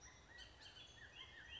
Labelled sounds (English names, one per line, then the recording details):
Bullock's Oriole
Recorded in Sonoma County, California